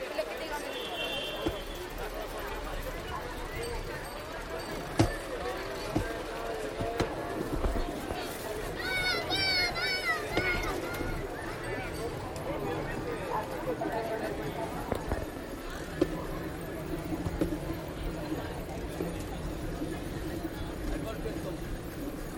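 Riding a bicycle through downtown Bogotá: steady crowd chatter and street hum, sharp clicks near 5 and 16 seconds, brief high chirps midway.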